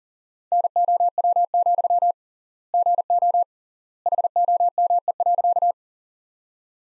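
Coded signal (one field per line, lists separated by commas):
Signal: Morse code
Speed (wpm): 40 wpm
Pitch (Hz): 700 Hz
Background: none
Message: NOW, GO HOME.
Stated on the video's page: Morse practice sentences from the top 200 words at 40 wpm with 3x standard word spacing, a Farnsworth-like method applied to words.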